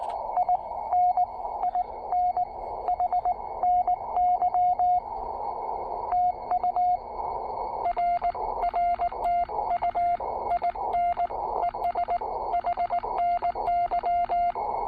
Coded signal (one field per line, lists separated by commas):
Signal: Morse code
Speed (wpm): 18 wpm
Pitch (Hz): 690 Hz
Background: radio noise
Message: IN IN HNY TU R RTU IN ES HNY